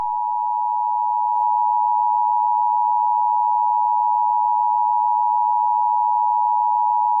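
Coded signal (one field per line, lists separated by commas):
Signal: Emergency Alert System (SAME) tones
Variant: 853 and 960 Hz attention tone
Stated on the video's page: Simulated EAS scenario about dueling pandemics.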